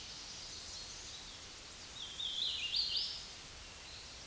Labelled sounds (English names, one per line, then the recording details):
Hooded Warbler song
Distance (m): 40 m
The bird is about 15 m above the microphone
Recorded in a Pennsylvania forest on 16 May 2024 at 06:14
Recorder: AudioMoth, point MSD-2107
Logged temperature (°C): 16.1 °C
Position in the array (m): 11 m, 153 m